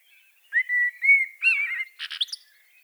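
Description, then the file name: Common blackbird song: a low, fluty whistled phrase of slurred notes followed by a brief, squeaky high twitter. "Turdus merula"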